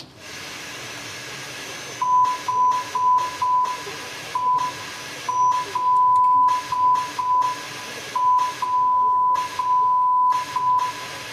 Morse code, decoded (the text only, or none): HELP